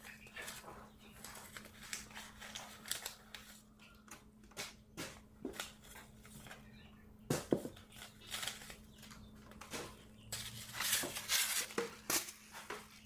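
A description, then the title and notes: Seed packets are shuffled and sorted in a steady run of light rustles, papery flicks and small taps, several each second. Sharper clicks and crinkles stand out around seven and eleven seconds. A low, constant hum sits underneath throughout. Sorting Seed packets. Sorting packets of seeds.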